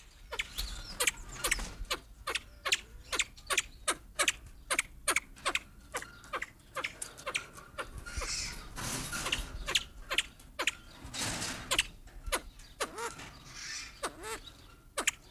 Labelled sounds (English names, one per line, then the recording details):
Crested Fireback call
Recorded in captivity
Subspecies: rufa
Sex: pair
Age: adult
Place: Zoo Berlin, Berlin, DE
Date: 2007-03-30 15:00
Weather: sonnig, 17°C
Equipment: Sony WM-D6C, Sennheiser ME 80, Kopie Uher 4000 Report Monitor
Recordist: Tembrock, Günter
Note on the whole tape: Malayischer Haubenfasan (L.i.rufa): Weibchen: Lautfolgen am Gitter, Männchen: Einzellaute